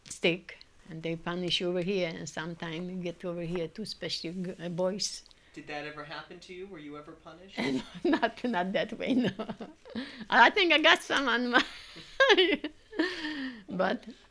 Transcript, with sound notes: stick and they punished you over here, and sometimes you'd get it over too, especially boys.
Did that ever happen to you? Were you ever punished?
( she laughs ) Not that way, no. I think I got some on my... ( she laughs and gestures to her hands ) But...